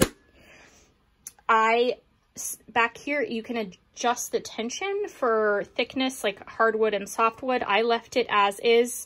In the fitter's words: and then i brought it back down and then it clicks into place here